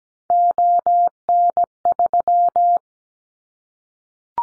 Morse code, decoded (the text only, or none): ON3